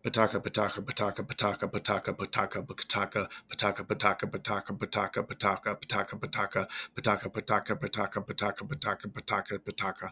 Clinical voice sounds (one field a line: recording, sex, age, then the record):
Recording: repeated syllables /pa ta ka/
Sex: male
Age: 40 to 49 years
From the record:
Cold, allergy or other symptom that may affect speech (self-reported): no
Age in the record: 46 years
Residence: North Carolina, United States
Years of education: 14